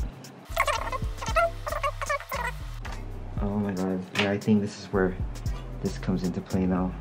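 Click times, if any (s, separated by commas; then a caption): none. A replacement ear cushion with plastic retaining clips is handled against the ear cup of a pair of Bose QC35 headphones while someone talks throughout. A few brief, sharp handling noises rise over the voice, but the cushion has not clipped or seated yet when the clip ends.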